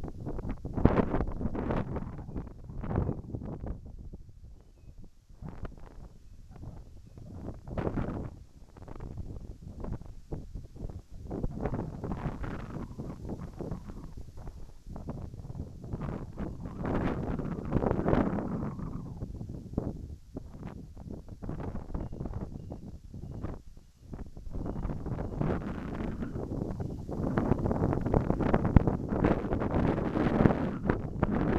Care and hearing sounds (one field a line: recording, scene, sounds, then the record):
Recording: everyday scene through a hearing-aid microphone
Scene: wind on the microphone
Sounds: wind, whistling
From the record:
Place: in front of a rural house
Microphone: behind the ear, right, front